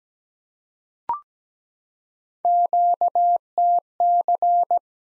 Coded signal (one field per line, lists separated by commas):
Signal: Morse code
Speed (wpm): 17 wpm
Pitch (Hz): 700 Hz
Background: none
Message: QTC